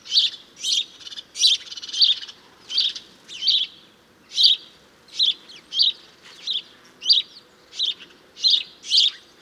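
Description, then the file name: House sparrow chirping, a series of bright, harsh chirps repeated roughly every half second to a second, with brief pauses. "Passer domesticus"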